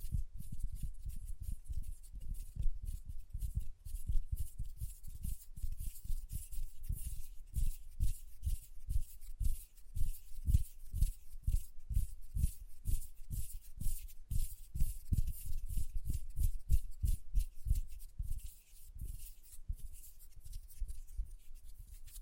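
Fingernails tap in quick, fairly regular succession, each tap a soft low thump with a crisp bright click, continuing steadily throughout.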